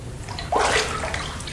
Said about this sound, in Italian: apro l'acqua della vasca